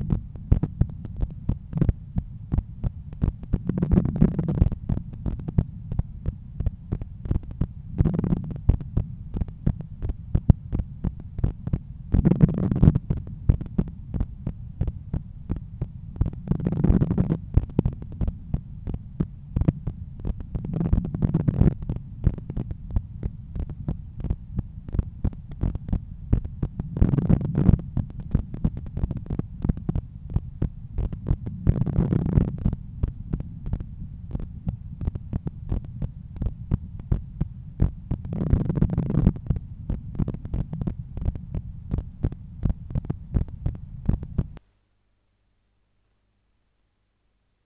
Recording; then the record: heart sounds by stethoscope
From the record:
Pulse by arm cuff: 87 bpm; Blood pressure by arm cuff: 134/83 mmHg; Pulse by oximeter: 88 bpm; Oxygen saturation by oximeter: 98%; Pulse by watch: 88 bpm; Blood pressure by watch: 125/81 mmHg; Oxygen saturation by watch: 97%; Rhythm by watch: sinus rhythm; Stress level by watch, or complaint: low stress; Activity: after 10 min smoking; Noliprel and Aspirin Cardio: after pills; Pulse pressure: 51 mmHg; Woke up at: 7:20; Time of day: 13:05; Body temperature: 35.1 C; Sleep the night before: 8 h 11 min, score 61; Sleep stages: REM 22%, light 68%, deep 3%, awake 7%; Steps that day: 9500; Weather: sunny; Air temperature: 26.2 C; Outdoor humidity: 53%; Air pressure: 1015 hPa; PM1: 8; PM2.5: 11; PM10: 13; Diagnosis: hypertension, treated with Noliprel and Aspirin Cardio 100 mg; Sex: male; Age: 53 years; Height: 174 cm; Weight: 81 kg